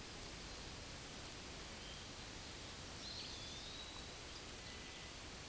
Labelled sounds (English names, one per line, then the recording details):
Eastern Wood-Pewee song
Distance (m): 70 m
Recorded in a Pennsylvania forest on 18 May 2023 at 09:37
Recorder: AudioMoth, point grid1_34_low
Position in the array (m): 177 m, 174 m